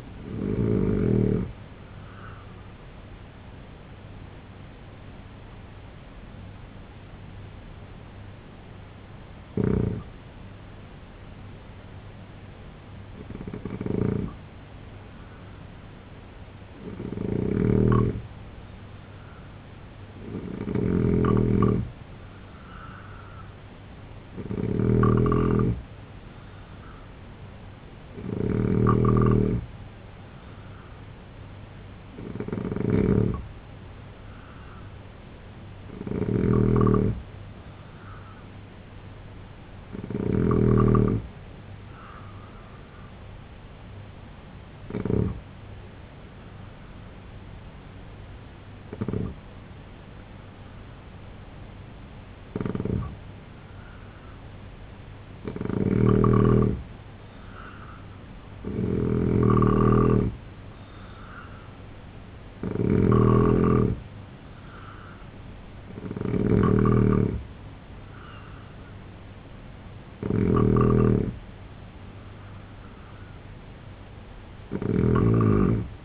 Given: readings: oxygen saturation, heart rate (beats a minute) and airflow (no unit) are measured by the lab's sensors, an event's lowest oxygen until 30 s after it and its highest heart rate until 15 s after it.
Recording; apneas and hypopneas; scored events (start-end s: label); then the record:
breathing in sleep by a voice recorder at the bedside; 2
3.00-19.60 s: hypopnea (N3, oxygen 92% highest, then 85% lowest, heart rate 73 at the start, 77 highest)
39.00-57.00 s: hypopnea (N3, oxygen 89% highest, then 81% lowest, heart rate 76 at the start, 81 highest)
From the record:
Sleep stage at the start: N3 (deep sleep); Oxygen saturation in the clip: 81 to 92%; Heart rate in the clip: 70 to 81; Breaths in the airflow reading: 18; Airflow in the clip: -3.6 to 5.5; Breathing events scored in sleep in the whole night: 258 in 7.4 hours asleep